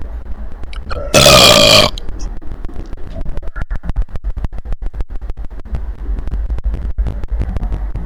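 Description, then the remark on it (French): A single loud, drawn-out burp lasting under a second, with a raspy, tonal quality, followed by low rumbling noise and scattered faint clicks. “C'est comme Tintin, on l'a jamais vu roter ou péter, tu vois ce que je veux dire?”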